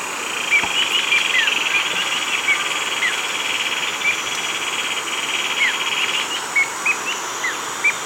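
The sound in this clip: Bird chirps: sparse, short high notes scattered over a steady high-pitched buzzing drone, with louder chirps near the end.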